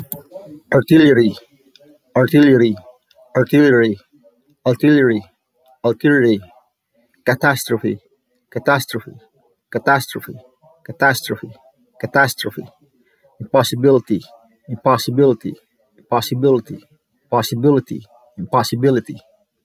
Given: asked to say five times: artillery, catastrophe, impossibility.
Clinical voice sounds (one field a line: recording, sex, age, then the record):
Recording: three words, each repeated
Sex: male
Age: 40 to 49 years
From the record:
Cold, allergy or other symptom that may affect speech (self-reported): yes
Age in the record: 45 years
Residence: Texas, United States